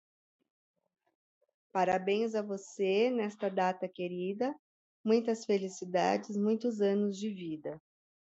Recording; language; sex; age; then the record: short text; Brazilian Portuguese; female; 50 to 59 years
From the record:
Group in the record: control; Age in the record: 50 years